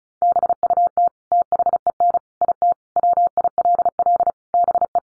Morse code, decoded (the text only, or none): BUT THEN IT WILL BE